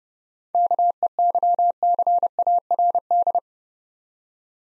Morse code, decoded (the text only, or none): KEYCARD